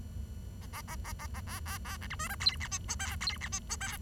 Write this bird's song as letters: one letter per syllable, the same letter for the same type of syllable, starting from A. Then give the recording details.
A A A A A A B B B C D E F G H I J K G H I E F. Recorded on 23 June 2012 at 09:19. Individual gr41rd51